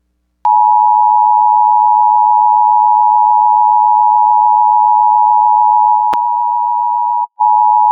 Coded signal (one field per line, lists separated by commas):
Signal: Emergency Alert System (SAME) tones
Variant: 853 and 960 Hz attention tone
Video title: EAS Tornado Watch #16 Austin, Minnesota and Mason City, Iowa NOAA Weather Radio KXI68 (KCHA/KCZE)